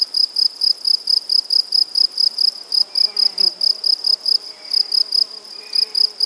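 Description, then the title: Cricket song of sharp, high chirps in a brisk rhythm, with quiet background sounds. Crickets at Buoux, Vaucluse, France, in May 2007. "Animus. Grillons, Divers Insectes Et Oiseaux - Buoux, Vaucluse - mai 2007"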